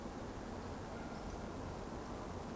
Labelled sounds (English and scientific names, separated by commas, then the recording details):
Eurasian Woodcock (Scolopax rusticola) whistle
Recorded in Baden-Württemberg, Germany, on 23 June 2020 at 20:34 UTC
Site 14569, 102 m above sea level